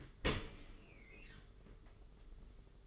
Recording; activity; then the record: daily activity, microphone in the room; open dishwasher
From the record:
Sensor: 4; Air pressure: 992.1 hPa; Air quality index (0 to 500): 109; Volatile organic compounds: 18 ppm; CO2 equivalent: 2621 ppm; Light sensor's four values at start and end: 23/78/28/30 and 23/78/28/30